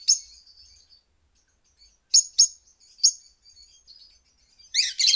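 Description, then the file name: Lovebird chirping: sharp high notes with thin trailing twitters, then a loud raspy double screech at the end. "suara call lovebird"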